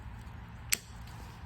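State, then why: Seated. The connector lock on a Kia Stinger transmission control unit (Tork TCU) connector is pressed after the connector is seated straight. A single short, sharp click sounds at 0.7 s over low background noise as the locking lever clicks into place. The connector is seated and locked.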